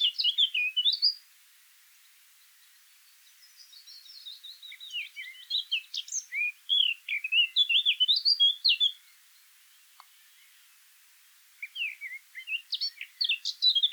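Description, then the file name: Eurasian blackcap song: quick varied warbled phrases of sharp chirps and slurred notes, pausing between bursts, with a softer passage before louder notes return. "Sylvia atricapilla"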